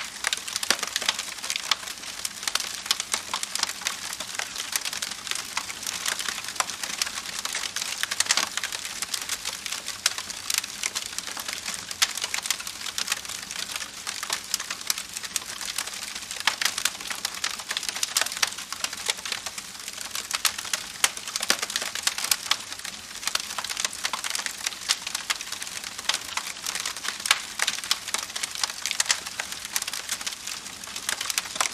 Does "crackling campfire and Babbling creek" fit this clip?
yes